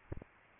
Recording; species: mosquito wingbeat signal from an infrared sensor; Aedes albopictus